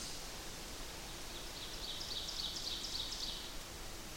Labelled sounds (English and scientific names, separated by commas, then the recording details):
Ovenbird (Seiurus aurocapilla) song
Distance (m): 85 m
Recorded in boreal forest in Alberta, Canada, on 8 June 2016 at 07:23
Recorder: SongMeter 3, array SBT-3-9
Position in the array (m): 50 m, 108 m
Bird 33